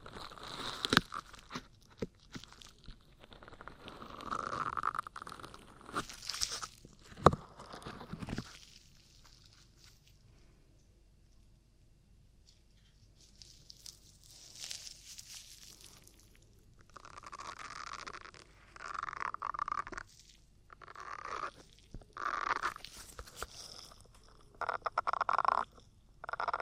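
Ear cleaning: soft crackling, scratching and rubbing sounds come in irregular bursts, with sharp clicks and pops near 1, 7 and 25 seconds. A quiet lull falls around 9 to 13 seconds before the rustling, crunchy textures build back up toward the end.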